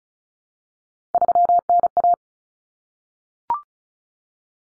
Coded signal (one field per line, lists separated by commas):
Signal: Morse code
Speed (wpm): 34 wpm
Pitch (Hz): 700 Hz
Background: none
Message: 3NA